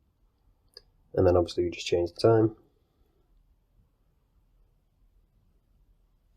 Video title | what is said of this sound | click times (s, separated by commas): 2x SURPRISING San Martin SN095 Zenith Classic Pilot Homage Watches Review #HWR | pop it out again second hand stopped so we got hacking | 0.8 s